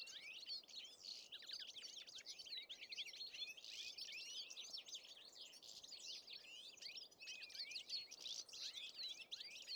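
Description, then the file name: European goldfinch twittering, a steady tumble of bright, rapid tinkling calls, soft background hiss beneath. "Carduelis carduelis"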